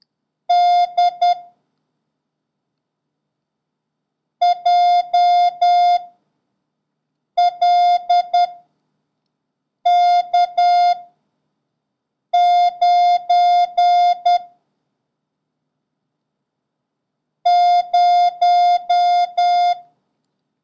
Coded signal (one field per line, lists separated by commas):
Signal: Morse code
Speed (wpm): 10 wpm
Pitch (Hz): 710 Hz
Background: none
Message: D J L K 9 0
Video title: International Morse Code: Lesson 8